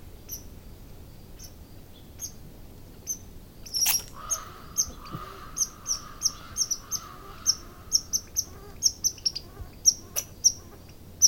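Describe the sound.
Red squirrel giving short, sharp high chips that start sparse and grow faster and denser, with a steady low whine running through the middle.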